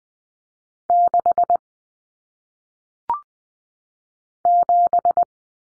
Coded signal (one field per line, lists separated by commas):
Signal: Morse code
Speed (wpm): 20 wpm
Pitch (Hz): 700 Hz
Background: none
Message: 6 7